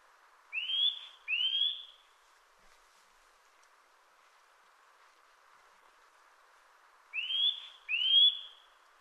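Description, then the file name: Eurasian nuthatch calls: two pairs of upslurred whistled notes given in quick succession, separated by a long quiet gap. "Sitta europaea"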